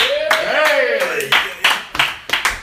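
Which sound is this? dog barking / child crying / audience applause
audience applause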